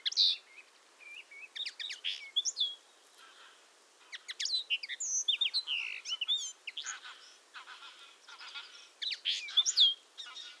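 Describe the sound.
Common linnet twittering: a long, busy stream of chirps, trills and short buzzy notes in irregular bursts with brief gaps throughout.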